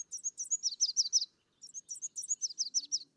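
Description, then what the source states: Red Warbler song: two rapid, high, sweet trilled phrases of repeated slurred notes, separated by a brief pause, clean and with little background. Sung on clear, sunny mornings during the February to May breeding season; endemic to humid pine, oak and fir forests of the Mexican highlands; barely 5 inches long.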